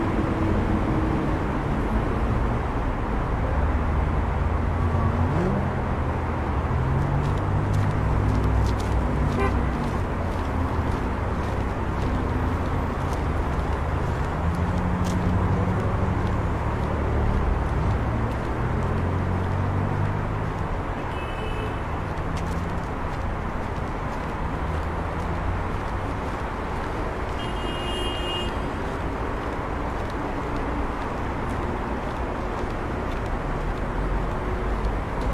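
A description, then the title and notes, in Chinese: A summer night on an old city street, recorded while walking: a dense, steady wash of traffic and crowd murmur fills the low end throughout. Scattered clicks and ticks pass by, and brief bright tones, like a bell or toot, ring out near 21 and 28 seconds. 鼓楼大街的夏日夜晚 压马路 单车与老街。夏天老街 氛围城市 白噪音。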